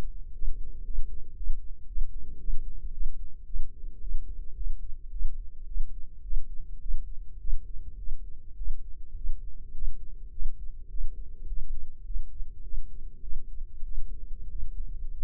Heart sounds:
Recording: heart sounds by microphone in the left ear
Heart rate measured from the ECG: 105 bpm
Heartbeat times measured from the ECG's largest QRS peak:
0.33 s: heartbeat
0.84 s: heartbeat
1.35 s: heartbeat
1.87 s: heartbeat
2.38 s: heartbeat
2.91 s: heartbeat
3.45 s: heartbeat
4.00 s: heartbeat
4.55 s: heartbeat
5.10 s: heartbeat
5.65 s: heartbeat
6.21 s: heartbeat
6.79 s: heartbeat
7.38 s: heartbeat
7.97 s: heartbeat
8.55 s: heartbeat
9.14 s: heartbeat
9.72 s: heartbeat
10.30 s: heartbeat
10.88 s: heartbeat
11.46 s: heartbeat
12.04 s: heartbeat
12.62 s: heartbeat
13.21 s: heartbeat
13.82 s: heartbeat
14.48 s: heartbeat
15.13 s: heartbeat
From the record:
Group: healthy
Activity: rest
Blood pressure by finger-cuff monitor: 123/66 mmHg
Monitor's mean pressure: 80 mmHg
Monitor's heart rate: 109 bpm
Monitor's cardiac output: 9.9 L/min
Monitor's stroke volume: 88 mL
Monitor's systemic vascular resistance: 580 dyn s/cm5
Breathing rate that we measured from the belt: 18 breaths a minute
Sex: male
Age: 19 years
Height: 178 cm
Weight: 83 kg

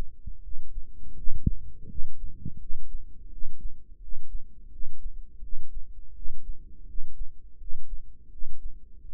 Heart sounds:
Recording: heart sounds by microphone in the right ear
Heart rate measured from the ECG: 84 bpm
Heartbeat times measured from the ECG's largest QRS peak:
0.40 s: heartbeat
1.14 s: heartbeat
1.86 s: heartbeat
2.57 s: heartbeat
3.28 s: heartbeat
3.98 s: heartbeat
4.69 s: heartbeat
5.40 s: heartbeat
6.12 s: heartbeat
6.85 s: heartbeat
7.57 s: heartbeat
8.29 s: heartbeat
9.02 s: heartbeat
From the record:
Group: healthy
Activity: cold pressor test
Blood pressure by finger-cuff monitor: 115/80 mmHg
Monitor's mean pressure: 87 mmHg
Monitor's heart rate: 83 bpm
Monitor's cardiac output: 6.5 L/min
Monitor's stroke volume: 78 mL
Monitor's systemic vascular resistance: 980 dyn s/cm5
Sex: male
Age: 35 years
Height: 180 cm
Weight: 86.9 kg

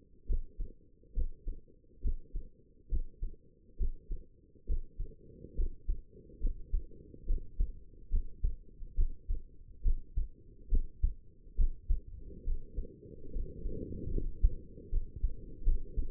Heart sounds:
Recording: heart sounds by stethoscope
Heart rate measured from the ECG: 70 bpm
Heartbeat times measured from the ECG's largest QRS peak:
0.26 s: heartbeat
1.13 s: heartbeat
2.01 s: heartbeat
2.88 s: heartbeat
3.76 s: heartbeat
4.65 s: heartbeat
5.55 s: heartbeat
6.40 s: heartbeat
7.25 s: heartbeat
8.09 s: heartbeat
8.94 s: heartbeat
9.82 s: heartbeat
10.68 s: heartbeat
11.55 s: heartbeat
12.43 s: heartbeat
13.31 s: heartbeat
14.11 s: heartbeat
14.89 s: heartbeat
15.63 s: heartbeat
From the record:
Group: healthy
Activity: breath hold 0-14 s, rest 14-16 s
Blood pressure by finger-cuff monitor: 102/69 mmHg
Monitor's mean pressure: 80 mmHg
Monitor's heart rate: 69 bpm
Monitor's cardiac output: 5.2 L/min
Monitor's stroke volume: 76 mL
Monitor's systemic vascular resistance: 1110 dyn s/cm5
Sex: female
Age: 22 years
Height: 160 cm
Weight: 45 kg

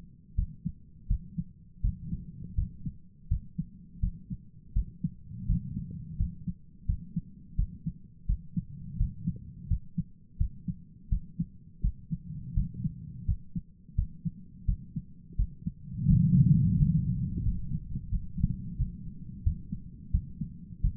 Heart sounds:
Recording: heart sounds by stethoscope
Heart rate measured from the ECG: 85 bpm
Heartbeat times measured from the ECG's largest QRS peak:
0.34 s: heartbeat
1.06 s: heartbeat
1.80 s: heartbeat
2.54 s: heartbeat
3.27 s: heartbeat
3.99 s: heartbeat
4.72 s: heartbeat
5.45 s: heartbeat
6.16 s: heartbeat
6.85 s: heartbeat
7.55 s: heartbeat
8.25 s: heartbeat
8.96 s: heartbeat
9.67 s: heartbeat
10.36 s: heartbeat
11.08 s: heartbeat
11.80 s: heartbeat
12.53 s: heartbeat
13.24 s: heartbeat
13.94 s: heartbeat
14.64 s: heartbeat
15.35 s: heartbeat
16.06 s: heartbeat
16.75 s: heartbeat
17.41 s: heartbeat
18.08 s: heartbeat
18.76 s: heartbeat
19.42 s: heartbeat
20.10 s: heartbeat
20.80 s: heartbeat
From the record:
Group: healthy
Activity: rest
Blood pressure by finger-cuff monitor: 159/82 mmHg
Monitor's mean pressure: 99 mmHg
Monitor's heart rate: 85 bpm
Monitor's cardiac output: 8.6 L/min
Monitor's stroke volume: 101 mL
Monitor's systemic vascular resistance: 850 dyn s/cm5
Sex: male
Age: 57 years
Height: 188 cm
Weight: 106 kg

